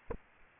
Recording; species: mosquito wingbeat signal from an infrared sensor; Aedes aegypti